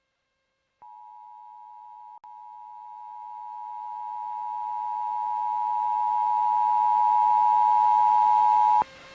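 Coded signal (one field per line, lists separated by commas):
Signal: Emergency Alert System (SAME) tones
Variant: 853 and 960 Hz attention tone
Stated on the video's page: Real Child Abduction Emergency (AMBER Alert) captured on WUBL 94.9 FM; audio unmodified.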